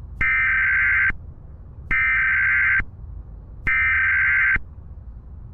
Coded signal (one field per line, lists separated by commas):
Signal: Emergency Alert System (SAME) tones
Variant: header bursts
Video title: You're listening to the radio... during a zombie apocalypse